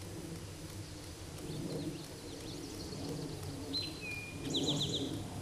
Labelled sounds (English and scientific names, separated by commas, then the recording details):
Eastern Towhee (Pipilo erythrophthalmus) song
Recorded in a Pennsylvania forest on 17 May 2023 at 13:24
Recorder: AudioMoth, point grid1_32_low
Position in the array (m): 112 m, 106 m